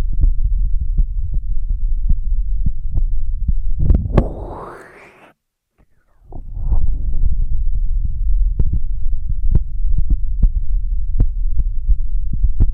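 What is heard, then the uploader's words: Intense ear triggers without talking: a deep, muffled rumble with soft thumping taps and sharp clicks recurring about every half second. Around four seconds a rising, rushing swell builds, then cuts to near silence for a moment before the low thumping returns. Intense Ear Triggers (No Talking).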